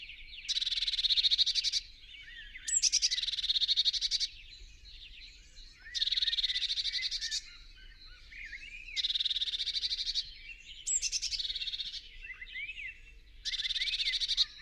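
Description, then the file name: Eurasian blue tit churring in repeated buzzy rattles about every two to three seconds, mixed with short thin high notes. "Cyanistes caeruleus"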